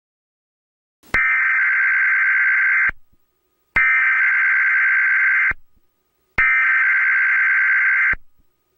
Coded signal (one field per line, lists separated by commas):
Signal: Emergency Alert System (SAME) tones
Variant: header bursts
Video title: EAS Scenario #2: California Tsunami 2011 (Real)